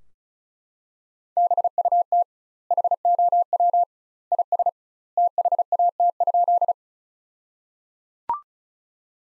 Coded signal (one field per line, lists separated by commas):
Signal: Morse code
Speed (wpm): 34 wpm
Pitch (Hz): 700 Hz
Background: none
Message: BUT HOW IS THAT?